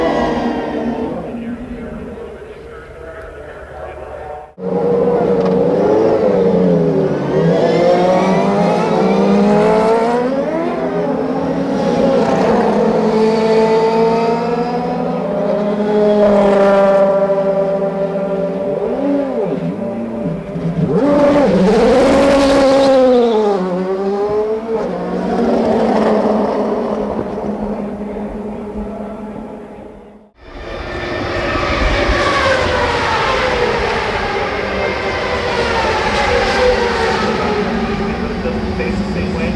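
IndyCar engines whine and rise in pitch as cars pass, with abrupt cuts near 5 and 30 seconds and a steady low hum throughout.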